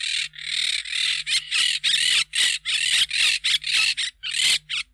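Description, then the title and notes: Monk parakeet: harsh chattering squawks of monk parakeets, run together almost continuously, with short gaps between noisy bursts and a soft background hum. "Museo de Ciencias de Bahía Blanca. Cotorra (Myiopsitta monachus)"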